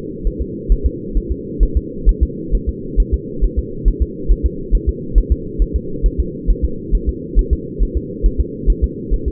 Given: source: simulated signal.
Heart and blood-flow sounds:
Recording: fetal heart sounds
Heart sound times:
0.27 s: S1
0.41 s: S2
0.72 s: S1
0.86 s: S2
1.17 s: S1
1.32 s: S2
1.63 s: S1
1.77 s: S2
2.09 s: S1
2.23 s: S2
2.55 s: S1
2.69 s: S2
3.00 s: S1
3.14 s: S2
3.44 s: S1
3.59 s: S2
3.88 s: S1
4.02 s: S2
4.31 s: S1
4.46 s: S2
4.75 s: S1
4.89 s: S2
5.18 s: S1
5.32 s: S2
5.62 s: S1
5.76 s: S2
6.06 s: S1
6.20 s: S2
6.50 s: S1
6.65 s: S2
6.95 s: S1
7.09 s: S2
7.39 s: S1
7.53 s: S2
7.83 s: S1
7.97 s: S2
8.26 s: S1
8.40 s: S2
8.70 s: S1
8.84 s: S2
9.13 s: S1
9.28 s: S2
From the record:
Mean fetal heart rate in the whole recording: 135 bpm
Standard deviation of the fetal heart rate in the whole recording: 3 bpm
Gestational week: 36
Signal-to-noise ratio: -4.3 dB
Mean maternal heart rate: 72 bpm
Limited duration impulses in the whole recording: present

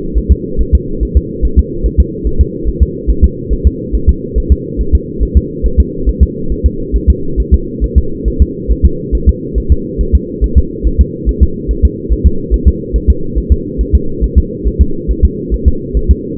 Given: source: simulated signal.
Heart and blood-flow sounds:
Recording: fetal heart sounds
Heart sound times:
0.17 s: S1
0.32 s: S2
0.61 s: S1
0.75 s: S2
1.03 s: S1
1.17 s: S2
1.45 s: S1
1.59 s: S2
1.86 s: S1
2.00 s: S2
2.27 s: S1
2.41 s: S2
2.69 s: S1
2.83 s: S2
3.10 s: S1
3.24 s: S2
3.53 s: S1
3.67 s: S2
3.95 s: S1
4.09 s: S2
4.38 s: S1
4.52 s: S2
4.81 s: S1
4.95 s: S2
5.23 s: S1
5.37 s: S2
5.66 s: S1
5.80 s: S2
6.09 s: S1
6.23 s: S2
6.52 s: S1
6.66 s: S2
6.96 s: S1
7.10 s: S2
7.40 s: S1
7.54 s: S2
7.84 s: S1
7.98 s: S2
8.28 s: S1
8.42 s: S2
8.71 s: S1
8.86 s: S2
9.15 s: S1
9.29 s: S2
9.58 s: S1
9.72 s: S2
10.01 s: S1
10.15 s: S2
10.44 s: S1
10.58 s: S2
10.87 s: S1
11.01 s: S2
11.29 s: S1
11.43 s: S2
11.71 s: S1
11.85 s: S2
12.12 s: S1
12.27 s: S2
12.54 s: S1
12.68 s: S2
12.96 s: S1
13.10 s: S2
13.38 s: S1
13.52 s: S2
13.81 s: S1
13.95 s: S2
14.24 s: S1
14.38 s: S2
14.67 s: S1
14.81 s: S2
15.11 s: S1
15.25 s: S2
15.54 s: S1
15.68 s: S2
15.97 s: S1
16.11 s: S2
From the record:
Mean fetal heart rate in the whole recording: 140 bpm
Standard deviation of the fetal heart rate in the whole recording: 2 bpm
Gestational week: 34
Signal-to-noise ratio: -8.1 dB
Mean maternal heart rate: 72 bpm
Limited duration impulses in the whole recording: present

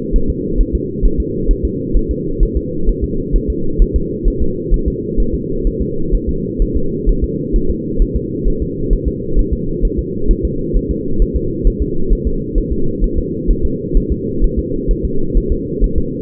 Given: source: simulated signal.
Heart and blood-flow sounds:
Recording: fetal heart sounds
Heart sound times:
0.16 s: S1
0.30 s: S2
0.61 s: S1
0.75 s: S2
1.05 s: S1
1.20 s: S2
1.51 s: S1
1.65 s: S2
1.97 s: S1
2.11 s: S2
2.43 s: S1
2.57 s: S2
2.89 s: S1
3.04 s: S2
3.36 s: S1
3.50 s: S2
3.82 s: S1
3.96 s: S2
4.28 s: S1
4.42 s: S2
4.74 s: S1
4.88 s: S2
5.20 s: S1
5.35 s: S2
5.67 s: S1
5.82 s: S2
6.15 s: S1
6.29 s: S2
6.62 s: S1
6.77 s: S2
7.09 s: S1
7.24 s: S2
7.56 s: S1
7.70 s: S2
8.02 s: S1
8.16 s: S2
8.48 s: S1
8.62 s: S2
8.93 s: S1
9.08 s: S2
9.39 s: S1
9.53 s: S2
9.85 s: S1
9.99 s: S2
10.31 s: S1
10.45 s: S2
10.77 s: S1
10.91 s: S2
11.22 s: S1
11.37 s: S2
11.67 s: S1
11.82 s: S2
12.13 s: S1
12.27 s: S2
12.58 s: S1
12.73 s: S2
13.04 s: S1
13.19 s: S2
13.51 s: S1
13.65 s: S2
13.97 s: S1
14.12 s: S2
14.44 s: S1
14.59 s: S2
14.91 s: S1
15.05 s: S2
15.38 s: S1
15.52 s: S2
15.84 s: S1
15.98 s: S2
From the record:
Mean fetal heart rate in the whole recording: 130 bpm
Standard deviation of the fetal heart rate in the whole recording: 2 bpm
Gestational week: 38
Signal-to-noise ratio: -8.1 dB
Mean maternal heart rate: 72 bpm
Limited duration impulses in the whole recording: absent

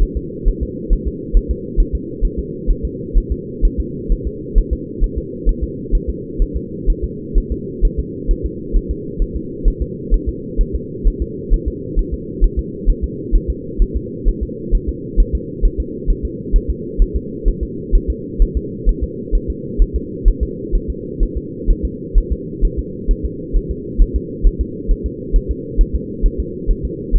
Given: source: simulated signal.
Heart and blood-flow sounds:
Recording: fetal heart sounds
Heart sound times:
0.02 s: S1
0.17 s: S2
0.48 s: S1
0.63 s: S2
0.93 s: S1
1.08 s: S2
1.37 s: S1
1.51 s: S2
1.80 s: S1
1.95 s: S2
2.25 s: S1
2.39 s: S2
2.70 s: S1
2.85 s: S2
3.18 s: S1
3.32 s: S2
3.65 s: S1
3.80 s: S2
4.12 s: S1
4.27 s: S2
4.58 s: S1
4.73 s: S2
5.04 s: S1
5.18 s: S2
5.49 s: S1
5.63 s: S2
5.95 s: S1
6.09 s: S2
6.42 s: S1
6.56 s: S2
6.90 s: S1
7.04 s: S2
7.38 s: S1
7.52 s: S2
7.85 s: S1
7.99 s: S2
8.31 s: S1
8.46 s: S2
8.77 s: S1
8.91 s: S2
9.22 s: S1
9.37 s: S2
9.68 s: S1
9.82 s: S2
10.14 s: S1
10.29 s: S2
10.61 s: S1
10.75 s: S2
11.08 s: S1
11.22 s: S2
11.54 s: S1
11.68 s: S2
11.99 s: S1
12.14 s: S2
12.44 s: S1
12.59 s: S2
12.90 s: S1
13.04 s: S2
13.36 s: S1
13.50 s: S2
13.82 s: S1
13.97 s: S2
14.28 s: S1
14.43 s: S2
14.75 s: S1
14.89 s: S2
15.20 s: S1
15.35 s: S2
15.65 s: S1
15.80 s: S2
16.10 s: S1
16.25 s: S2
16.56 s: S1
16.70 s: S2
17.02 s: S1
17.16 s: S2
17.48 s: S1
17.63 s: S2
17.95 s: S1
18.10 s: S2
18.42 s: S1
18.57 s: S2
18.89 s: S1
19.04 s: S2
19.35 s: S1
19.50 s: S2
19.82 s: S1
19.96 s: S2
20.28 s: S1
20.43 s: S2
20.75 s: S1
20.90 s: S2
21.23 s: S1
21.38 s: S2
21.70 s: S1
21.85 s: S2
22.18 s: S1
22.32 s: S2
22.65 s: S1
22.79 s: S2
23.11 s: S1
23.25 s: S2
23.56 s: S1
23.71 s: S2
24.02 s: S1
24.16 s: S2
24.47 s: S1
24.61 s: S2
24.91 s: S1
25.06 s: S2
25.36 s: S1
25.51 s: S2
25.81 s: S1
25.95 s: S2
26.26 s: S1
26.40 s: S2
26.70 s: S1
26.85 s: S2
27.16 s: S1
From the record:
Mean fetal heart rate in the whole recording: 130 bpm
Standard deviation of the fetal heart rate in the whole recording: 4 bpm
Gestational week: 38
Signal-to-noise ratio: -4.1 dB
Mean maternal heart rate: no maternal heart sound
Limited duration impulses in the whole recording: absent

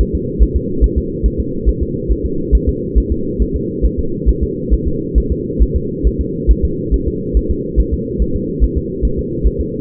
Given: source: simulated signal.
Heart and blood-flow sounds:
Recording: fetal heart sounds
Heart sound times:
0.01 s: S1
0.15 s: S2
0.43 s: S1
0.56 s: S2
0.84 s: S1
0.98 s: S2
1.26 s: S1
1.40 s: S2
1.69 s: S1
1.83 s: S2
2.12 s: S1
2.25 s: S2
2.55 s: S1
2.69 s: S2
2.98 s: S1
3.12 s: S2
3.42 s: S1
3.56 s: S2
3.86 s: S1
3.99 s: S2
4.29 s: S1
4.43 s: S2
4.74 s: S1
4.88 s: S2
5.18 s: S1
5.32 s: S2
5.62 s: S1
5.76 s: S2
6.07 s: S1
6.21 s: S2
6.51 s: S1
6.65 s: S2
6.94 s: S1
7.08 s: S2
7.37 s: S1
7.51 s: S2
7.80 s: S1
7.94 s: S2
8.22 s: S1
8.36 s: S2
8.64 s: S1
8.78 s: S2
9.05 s: S1
9.19 s: S2
9.47 s: S1
9.61 s: S2
From the record:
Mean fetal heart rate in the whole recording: 140 bpm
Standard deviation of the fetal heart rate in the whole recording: 2 bpm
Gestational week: 34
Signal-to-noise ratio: -6.6 dB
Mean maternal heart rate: 72 bpm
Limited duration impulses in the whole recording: present

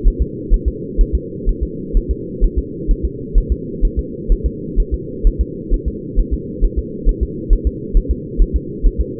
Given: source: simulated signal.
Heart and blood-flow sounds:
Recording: fetal heart sounds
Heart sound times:
0.08 s: S1
0.22 s: S2
0.54 s: S1
0.68 s: S2
1.01 s: S1
1.15 s: S2
1.49 s: S1
1.63 s: S2
1.97 s: S1
2.11 s: S2
2.44 s: S1
2.59 s: S2
2.91 s: S1
3.05 s: S2
3.38 s: S1
3.52 s: S2
3.85 s: S1
3.99 s: S2
4.32 s: S1
4.46 s: S2
4.80 s: S1
4.94 s: S2
5.27 s: S1
5.41 s: S2
5.74 s: S1
5.88 s: S2
6.20 s: S1
6.34 s: S2
6.64 s: S1
6.78 s: S2
7.09 s: S1
7.23 s: S2
7.53 s: S1
7.67 s: S2
7.97 s: S1
8.11 s: S2
8.42 s: S1
8.56 s: S2
8.87 s: S1
9.01 s: S2
From the record:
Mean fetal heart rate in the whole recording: 130 bpm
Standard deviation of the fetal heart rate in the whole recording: 4 bpm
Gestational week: 38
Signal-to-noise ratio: -4.1 dB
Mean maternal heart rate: no maternal heart sound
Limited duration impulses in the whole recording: absent

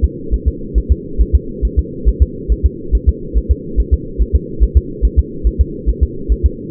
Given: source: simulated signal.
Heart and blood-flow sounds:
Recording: fetal heart sounds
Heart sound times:
0.04 s: S2
0.34 s: S1
0.48 s: S2
0.78 s: S1
0.92 s: S2
1.21 s: S1
1.35 s: S2
1.65 s: S1
1.79 s: S2
2.08 s: S1
2.22 s: S2
2.52 s: S1
2.66 s: S2
2.95 s: S1
3.09 s: S2
3.38 s: S1
3.51 s: S2
3.80 s: S1
3.94 s: S2
4.22 s: S1
4.35 s: S2
4.63 s: S1
4.77 s: S2
5.05 s: S1
5.19 s: S2
5.47 s: S1
5.61 s: S2
5.89 s: S1
6.03 s: S2
6.32 s: S1
6.46 s: S2
From the record:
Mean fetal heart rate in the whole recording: 140 bpm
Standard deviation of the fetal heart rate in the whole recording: 2 bpm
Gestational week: 34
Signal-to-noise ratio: -4.3 dB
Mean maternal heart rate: 72 bpm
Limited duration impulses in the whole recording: absent

